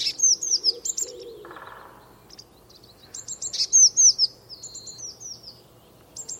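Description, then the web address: Eurasian blue tit calling with high downslurred notes in quick stuttered bursts. "Deverinetal 2025 File origin Bird Only Cy Ca"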